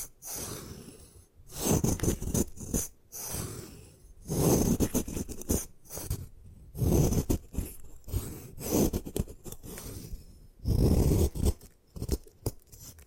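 Gym chalk is crushed and ground in repeated rough, gritty bursts of scraping and crunching, with short pauses between the louder pushes.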